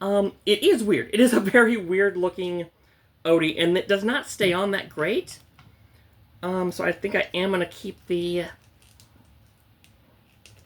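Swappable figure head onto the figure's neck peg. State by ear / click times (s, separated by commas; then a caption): not seated / none. Someone talks while swapping the alternate head on a plastic NECA TMNT x Garfield action figure, working it toward the figure's neck peg. A few faint handling ticks follow after the talking stops. The head has not seated or clicked onto the neck peg yet.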